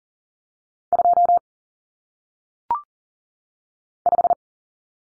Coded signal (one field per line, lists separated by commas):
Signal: Morse code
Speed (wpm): 40 wpm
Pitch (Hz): 700 Hz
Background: none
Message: 2 5